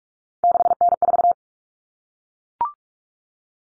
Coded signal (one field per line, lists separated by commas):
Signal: Morse code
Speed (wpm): 44 wpm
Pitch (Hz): 700 Hz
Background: none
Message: 6N4